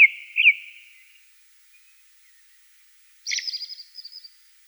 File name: Drozd belozobyj